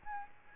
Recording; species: mosquito wingbeat signal from an infrared sensor; Aedes albopictus